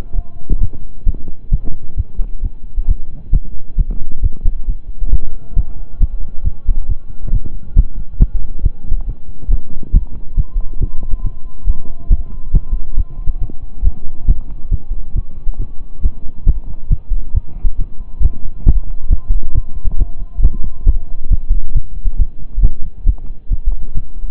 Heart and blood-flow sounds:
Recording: heart sounds by stethoscope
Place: between the tricuspid and mitral areas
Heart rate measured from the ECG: 136 bpm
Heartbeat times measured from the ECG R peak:
0.13 s: heartbeat
0.59 s: heartbeat
1.04 s: heartbeat
1.49 s: heartbeat
1.95 s: heartbeat
2.41 s: heartbeat
2.86 s: heartbeat
3.31 s: heartbeat
3.76 s: heartbeat
4.21 s: heartbeat
4.66 s: heartbeat
5.10 s: heartbeat
5.54 s: heartbeat
5.98 s: heartbeat
6.42 s: heartbeat
6.87 s: heartbeat
7.30 s: heartbeat
7.74 s: heartbeat
8.18 s: heartbeat
8.61 s: heartbeat
9.05 s: heartbeat
9.48 s: heartbeat
9.92 s: heartbeat
10.35 s: heartbeat
10.78 s: heartbeat
11.22 s: heartbeat
11.65 s: heartbeat
12.08 s: heartbeat
12.52 s: heartbeat
12.95 s: heartbeat
13.39 s: heartbeat
13.82 s: heartbeat
14.26 s: heartbeat
14.69 s: heartbeat
15.13 s: heartbeat
15.58 s: heartbeat
16.01 s: heartbeat
16.44 s: heartbeat
16.88 s: heartbeat
17.32 s: heartbeat
17.77 s: heartbeat
18.20 s: heartbeat
18.64 s: heartbeat
19.08 s: heartbeat
19.53 s: heartbeat
19.97 s: heartbeat
20.40 s: heartbeat
20.84 s: heartbeat
21.28 s: heartbeat
21.73 s: heartbeat
22.17 s: heartbeat
22.61 s: heartbeat
23.04 s: heartbeat
23.49 s: heartbeat
23.93 s: heartbeat
From the record:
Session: slow and fast walking with breaks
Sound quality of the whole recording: saturated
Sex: male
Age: 25 years

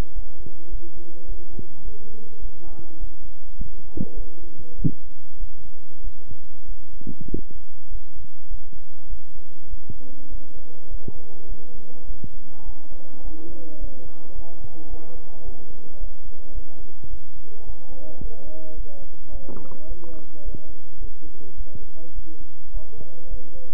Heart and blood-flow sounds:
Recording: heart sounds by stethoscope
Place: between the tricuspid and mitral areas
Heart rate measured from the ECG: 104 bpm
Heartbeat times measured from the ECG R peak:
0.13 s: heartbeat
0.69 s: heartbeat
1.26 s: heartbeat
1.83 s: heartbeat
2.40 s: heartbeat
2.98 s: heartbeat
3.56 s: heartbeat
4.15 s: heartbeat
4.76 s: heartbeat
5.38 s: heartbeat
6.02 s: heartbeat
6.66 s: heartbeat
7.28 s: heartbeat
7.89 s: heartbeat
8.48 s: heartbeat
9.08 s: heartbeat
9.68 s: heartbeat
10.29 s: heartbeat
10.88 s: heartbeat
11.47 s: heartbeat
12.05 s: heartbeat
12.64 s: heartbeat
13.22 s: heartbeat
13.78 s: heartbeat
14.33 s: heartbeat
14.88 s: heartbeat
15.43 s: heartbeat
15.98 s: heartbeat
16.53 s: heartbeat
17.08 s: heartbeat
17.64 s: heartbeat
18.20 s: heartbeat
18.75 s: heartbeat
19.30 s: heartbeat
19.86 s: heartbeat
20.43 s: heartbeat
20.99 s: heartbeat
21.55 s: heartbeat
22.13 s: heartbeat
22.71 s: heartbeat
23.28 s: heartbeat
From the record:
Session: bicycle stress test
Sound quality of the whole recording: good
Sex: male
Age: 26 years

